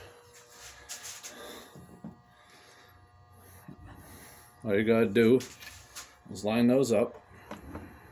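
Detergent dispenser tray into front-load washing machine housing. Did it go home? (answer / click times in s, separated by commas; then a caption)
no / none. Someone talks while handling the plastic detergent dispenser tray of an LG front-load washing machine, lining it up with its two rails to push it back into the washer housing so the push tab can lock in. Faint rubbing and a few soft handling taps are heard under the talking. Nothing has seated or clicked yet.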